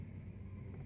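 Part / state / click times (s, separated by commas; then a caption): circuit board into plastic neckband housing of a Bluetooth headset / not seated / none. During reassembly of an LG Tone HBS700/730 Bluetooth neckband headset, the circuit board is handled and pressed toward the plastic neckband housing it snaps into. Only a steady low rumble with broadband background noise is heard, with no distinct sudden sounds. Nothing has seated or clicked yet.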